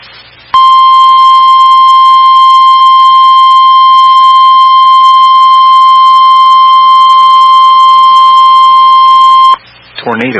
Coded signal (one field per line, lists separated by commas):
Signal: Emergency Alert System (SAME) tones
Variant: 1050 Hz attention tone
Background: speech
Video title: TORNADO EMERGENCY! Knox, Indiana (EAS 327)